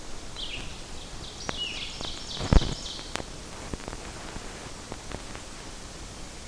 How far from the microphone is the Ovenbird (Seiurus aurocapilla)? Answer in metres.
about 50 m